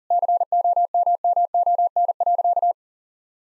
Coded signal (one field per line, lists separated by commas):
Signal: Morse code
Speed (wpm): 40 wpm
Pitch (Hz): 700 Hz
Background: none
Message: COMMON.